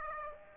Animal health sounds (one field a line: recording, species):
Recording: mosquito wingbeat signal from an infrared sensor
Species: Aedes aegypti